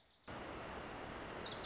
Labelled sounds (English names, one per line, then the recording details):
Wilson's Warbler
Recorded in Sonoma County, California